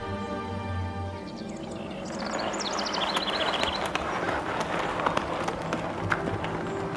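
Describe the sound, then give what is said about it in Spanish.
Horses' hooves clip-clop at a trot along a road as they resume a good pace, in a quick, steady clatter that picks up after a low droning start, with a few high bird chirps briefly rising above the rhythm. “Reanudó una buena marcha, como si quisiera recuperar el tiempo perdido. De vez en cuando, los caballos parecían alzar sus cabezas y olisquear suspicazmente el aire.”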